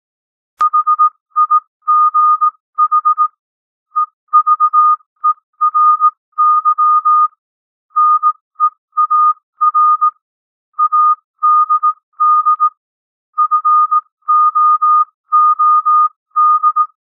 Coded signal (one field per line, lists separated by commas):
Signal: Morse code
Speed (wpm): 18 wpm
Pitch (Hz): 1230 Hz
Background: music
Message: HIGH EVERY NEAR ADD FOOD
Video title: Improve Your Morse Code 15-18 WPM - 18-18 WPM